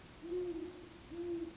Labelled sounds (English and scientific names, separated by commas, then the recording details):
Great Horned Owl (Bubo virginianus)
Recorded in Sonoma County, California